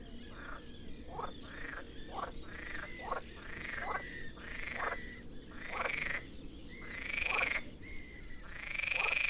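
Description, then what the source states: Frogs croaking in a chorus, many short calls repeated in a steady rhythm against constant background noise. Frogs at Lake Ptuj.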